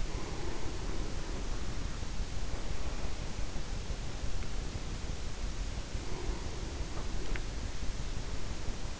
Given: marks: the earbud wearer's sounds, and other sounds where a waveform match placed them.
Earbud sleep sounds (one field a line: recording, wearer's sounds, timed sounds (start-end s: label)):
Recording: sounds in sleep by an in-ear microphone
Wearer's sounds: breath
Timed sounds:
0.00-3.59 s: breath
5.93-7.50 s: breath